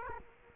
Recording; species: mosquito wingbeat signal from an infrared sensor; Culex quinquefasciatus